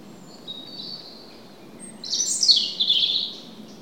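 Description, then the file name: European robin song phrase: thin high whistles at first, then a louder burst of sweet, warbling high notes in the second half, over a low steady background rumble. "Erithacus rubecula"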